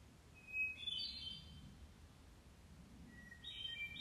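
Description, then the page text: Hermit thrush singing: a clear held whistle, then a quick higher fluty flourish of tangled notes; the start of another phrase at the close, over low steady background rumble. Recorded in Maryland. "Hermit Thrush by Josh Emm"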